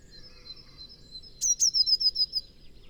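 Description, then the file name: Eurasian blue tit song: a thin, steady high whine, then two sharp notes launching a rapid trill of about five slightly falling notes. "Cyanistes caeruleus"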